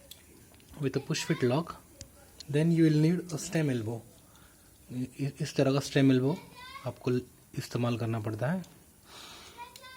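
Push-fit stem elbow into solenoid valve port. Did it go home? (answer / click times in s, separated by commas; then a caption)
yes / 9.8 s. Someone talks while a push-fit stem elbow is pressed into the push-fit lock port of a plastic solenoid valve. A short click is heard at 9.8 seconds as the elbow locks into the port, and it is seated.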